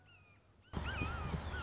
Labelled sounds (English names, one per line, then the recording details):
Red-shouldered Hawk
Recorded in Sonoma County, California